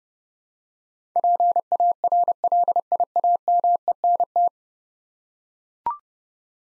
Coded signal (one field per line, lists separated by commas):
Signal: Morse code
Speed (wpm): 30 wpm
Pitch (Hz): 700 Hz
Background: none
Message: PARLIAMENT